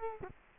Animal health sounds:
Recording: mosquito wingbeat signal from an infrared sensor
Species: Culex quinquefasciatus

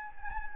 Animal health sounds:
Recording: mosquito wingbeat signal from an infrared sensor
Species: Anopheles gambiae

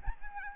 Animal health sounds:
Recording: mosquito wingbeat signal from an infrared sensor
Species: Aedes albopictus

